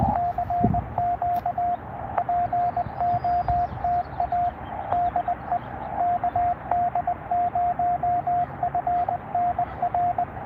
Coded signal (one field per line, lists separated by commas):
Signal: Morse code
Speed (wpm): 20 wpm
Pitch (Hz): 710 Hz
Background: radio noise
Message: CQ POTA DE KD0FNR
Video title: US-4571 kd0fnr #hamradio #morsecode